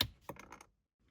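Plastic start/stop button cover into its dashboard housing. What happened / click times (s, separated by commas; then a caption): The plastic button cover snapped into its housing / 0.0 s. A red plastic replacement start/stop button cover for an Alfa Romeo Stelvio is pushed into its dashboard housing, snapping into place with a sharp click at 0.0 s. A run of quieter plastic clicks follows at about 0.3, 0.4, 0.5 and 0.6 s before the sound falls to near silence. The button cover is seated.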